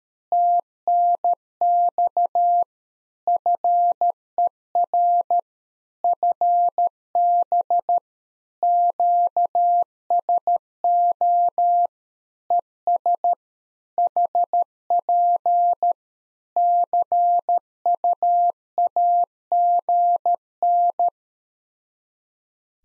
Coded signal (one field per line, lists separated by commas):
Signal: Morse code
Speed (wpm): 13 wpm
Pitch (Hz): 700 Hz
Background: none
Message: TNX FER FB QSO ES HP CUAGN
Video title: Practice QSO - Exchange 4- Ending - 13wpm